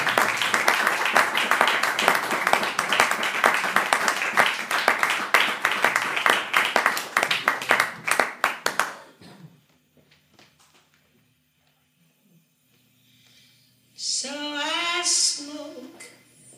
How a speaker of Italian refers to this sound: Potete applaudire.